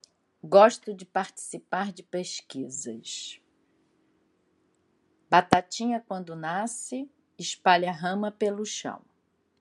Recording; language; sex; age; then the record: short text; Brazilian Portuguese; female; 60 to 69 years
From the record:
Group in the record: control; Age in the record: 65 years